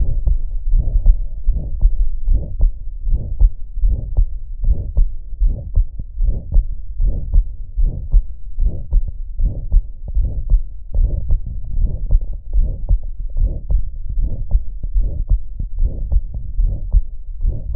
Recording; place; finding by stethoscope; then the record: heart sounds by stethoscope; pulmonary valve (PV); normal heart sounds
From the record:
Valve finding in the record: normal valve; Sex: female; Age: 42 years